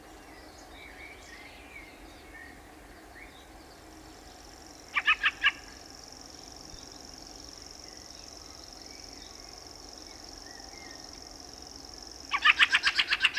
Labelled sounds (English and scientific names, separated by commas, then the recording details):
Fieldfare (Turdus pilaris) call
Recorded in the wild
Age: adult
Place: Anhauser Weiher, Baden-Württemberg, DE
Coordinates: 48.8458, 10.6578
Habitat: pond
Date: 1971-05-04
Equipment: Uher Report 4200, Scotch-Classic 19cm, AKG D190C in Doppelparabolreflektoren
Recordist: Krey, Winfried